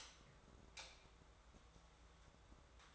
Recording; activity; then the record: daily activity, microphone in the room; light off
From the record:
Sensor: 3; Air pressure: 1010.2 hPa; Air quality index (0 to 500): 167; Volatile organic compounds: 9 ppm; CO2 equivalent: 2183 ppm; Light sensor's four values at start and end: 51/127/56/62 and 49/122/54/59